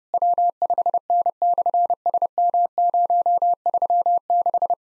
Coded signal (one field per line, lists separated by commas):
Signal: Morse code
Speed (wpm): 30 wpm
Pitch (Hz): 700 Hz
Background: none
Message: W5N/SM036